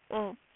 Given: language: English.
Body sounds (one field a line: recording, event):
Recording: throat vibration sensor signal played as sound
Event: speech